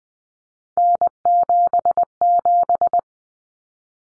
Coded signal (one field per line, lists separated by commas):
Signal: Morse code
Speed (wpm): 20 wpm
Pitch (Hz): 700 Hz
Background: none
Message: N77